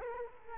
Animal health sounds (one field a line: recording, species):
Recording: mosquito wingbeat signal from an infrared sensor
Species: Culex quinquefasciatus